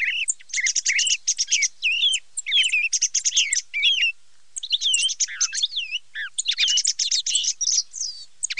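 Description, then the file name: Thrush song made of rapid high chirps, warbled slurs and trills in bursts, with brief gaps between phrases. Filtered recording. "TORDO"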